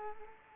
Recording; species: mosquito wingbeat signal from an infrared sensor; Culex quinquefasciatus